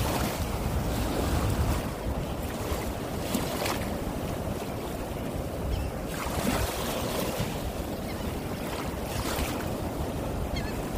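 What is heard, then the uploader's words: Beach sounds with a steady, dense rumble of surf and wind filling the low end throughout. Brighter washes of breaking water rise briefly around two, four, six and nine seconds, while a constant hiss hangs over everything without pause. The beach sounds.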